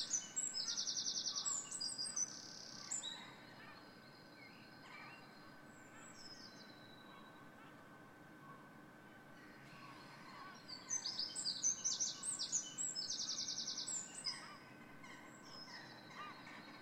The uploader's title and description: Dawn Chorus 06:00 AM (Den Haag. With Jackdaws, Seagulls and a pigeon added to the usual bunch (Blackbird, Robin, Wren etc.)